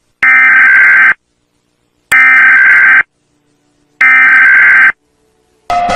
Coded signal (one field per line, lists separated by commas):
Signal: Emergency Alert System (SAME) tones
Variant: header bursts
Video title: North Carolina Eas Scenario (Mock Tsunami)